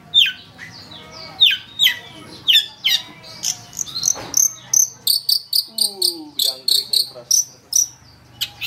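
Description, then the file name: Long-tailed shrike song: falling whistled sweeps, then a fast even run of short sharp high notes with a few harsh scratchy bursts between. Training (master) recording for songbird keepers; Indonesian name cendet. "cendet-master -omkicau"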